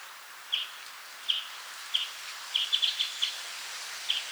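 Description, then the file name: European greenfinch calls, a few spaced chirps followed by a quick burst of four or five chips, then one more, over steady hiss. "Chloris chloris 190325"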